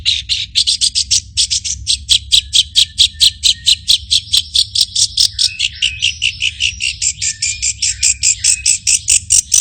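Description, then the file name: Long-tailed shrike with a long sequence of loud scratchy, buzzy notes delivered about twice per second, some shifting slightly lower midway. Owned by Om Renaldi, singing in the 'teroris' style. "audio cendet teroris milik om renaldi"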